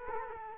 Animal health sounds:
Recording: mosquito wingbeat signal from an infrared sensor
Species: Culex quinquefasciatus

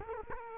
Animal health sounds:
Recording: mosquito wingbeat signal from an infrared sensor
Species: Culex quinquefasciatus

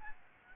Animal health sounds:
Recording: mosquito wingbeat signal from an infrared sensor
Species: Aedes albopictus

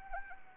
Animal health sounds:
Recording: mosquito wingbeat signal from an infrared sensor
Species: Anopheles arabiensis

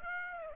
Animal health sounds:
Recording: mosquito wingbeat signal from an infrared sensor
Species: Aedes aegypti

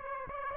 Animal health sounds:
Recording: mosquito wingbeat signal from an infrared sensor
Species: Aedes aegypti

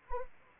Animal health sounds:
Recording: mosquito wingbeat signal from an infrared sensor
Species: Anopheles arabiensis

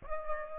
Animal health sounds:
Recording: mosquito wingbeat signal from an infrared sensor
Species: Aedes albopictus

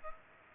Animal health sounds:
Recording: mosquito wingbeat signal from an infrared sensor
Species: Culex pipiens

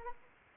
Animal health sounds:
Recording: mosquito wingbeat signal from an infrared sensor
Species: Anopheles arabiensis

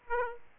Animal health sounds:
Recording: mosquito wingbeat signal from an infrared sensor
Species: Aedes aegypti

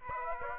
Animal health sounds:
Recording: mosquito wingbeat signal from an infrared sensor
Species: Aedes aegypti

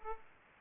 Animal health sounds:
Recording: mosquito wingbeat signal from an infrared sensor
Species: Aedes aegypti

